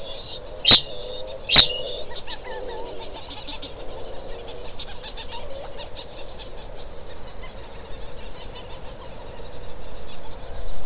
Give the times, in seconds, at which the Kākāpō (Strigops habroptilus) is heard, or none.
0.00-2.08